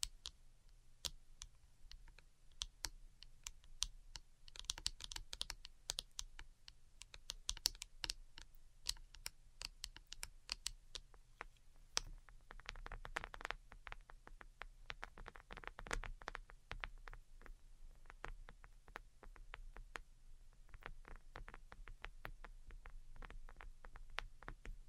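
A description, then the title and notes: Delicate tapping goes on throughout: quick, irregular clicks arriving in dense bursts, crisp and bright, with short pauses between runs. The busiest stretches fall around 5–8 and 13–17 seconds. A low steady hum sits underneath the whole time. ASMR DELICATE Tapping for Sleep (No Talking).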